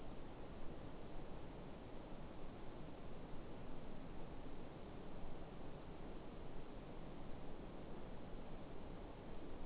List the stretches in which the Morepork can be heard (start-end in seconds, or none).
none